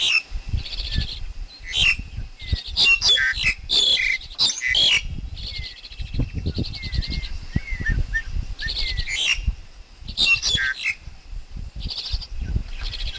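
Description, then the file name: Black-collared Starling song, long and varied, mixing loud squeaks, short whistled slurs and buzzy chattering runs with brief pauses between phrases. Wild forest Black-collared Starling song; recording meant for training young birds to sing. "Tieng chim ca cuong rung tap chim con hot"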